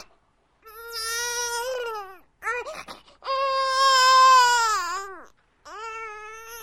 Baby Crying.